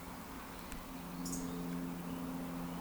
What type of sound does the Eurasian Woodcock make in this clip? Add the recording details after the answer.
whistle. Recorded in Baden-Württemberg, Germany, on 14 June 2020 at 19:43 UTC. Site 14569, 102 m above sea level